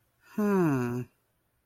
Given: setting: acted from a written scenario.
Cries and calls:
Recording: vocal sound without words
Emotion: serenity

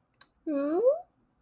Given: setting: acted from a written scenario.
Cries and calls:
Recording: vocal sound without words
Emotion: interest

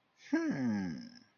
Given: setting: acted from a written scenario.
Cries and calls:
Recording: vocal sound without words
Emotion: awe

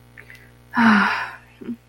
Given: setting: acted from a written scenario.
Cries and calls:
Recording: vocal sound without words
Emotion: sadness

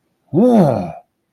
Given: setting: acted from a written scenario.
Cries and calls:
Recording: vocal sound without words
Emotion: triumph

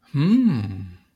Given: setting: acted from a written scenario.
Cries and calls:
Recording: vocal sound without words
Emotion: romantic love

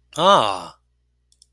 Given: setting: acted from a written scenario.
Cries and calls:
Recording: vocal sound without words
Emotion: interest

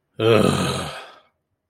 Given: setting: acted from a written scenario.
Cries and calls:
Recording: vocal sound without words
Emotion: anger

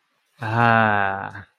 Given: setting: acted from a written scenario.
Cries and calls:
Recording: vocal sound without words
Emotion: contentment

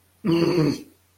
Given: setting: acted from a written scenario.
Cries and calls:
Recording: vocal sound without words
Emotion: anger

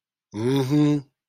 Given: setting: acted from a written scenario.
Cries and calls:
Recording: vocal sound without words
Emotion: sympathy

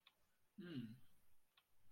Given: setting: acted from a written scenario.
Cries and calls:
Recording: vocal sound without words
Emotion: neutral

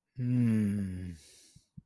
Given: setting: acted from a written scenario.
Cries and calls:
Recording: vocal sound without words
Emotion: contentment

